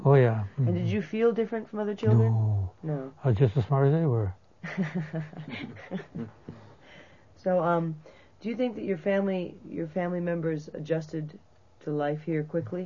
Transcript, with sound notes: Oh yeah.
And did you feel different from other children?
No.
No?
I was just as smart as anybody.
(laughs) So um, do you think that your family, your family members adjusted to life here quickly?